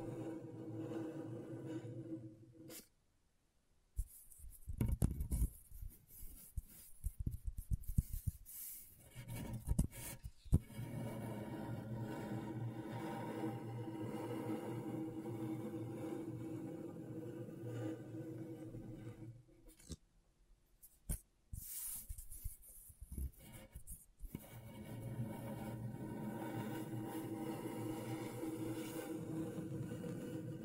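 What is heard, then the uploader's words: Close, dry scratching on a scratchboard in a small room, with steady rasping strokes broken by short silences near three and twenty seconds. ASMR Brain Tingling Scratchboard (No Talking).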